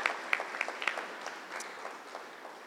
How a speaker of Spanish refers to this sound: pues los invito a que le demos un fuerte aplauso a ellos, de veras son dignos de reconocer sus luchas.